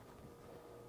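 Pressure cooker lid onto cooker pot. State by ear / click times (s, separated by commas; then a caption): not seated / none. A metal pressure cooker lid is lined up by its top and bottom ports and turned closed on the cooker pot, giving a steady low rumbling and scraping handling noise with no sharp transients. Nothing has seated or clicked yet; the lid has not snapped into place and its steel locking button has not popped up.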